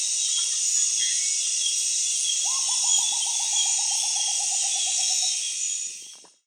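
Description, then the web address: Rufous potoo call, a slow stuttering whistle falling gently in pitch over about three seconds, over a loud, steady wash of insect buzzing. "Rufous potoo. صدای-پرنده-شبزی-حنایی"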